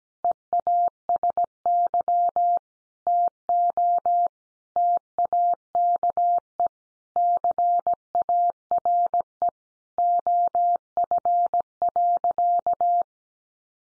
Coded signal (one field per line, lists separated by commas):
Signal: Morse code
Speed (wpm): 17 wpm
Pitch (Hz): 700 Hz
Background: none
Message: EASY TO TAKE CARE OF.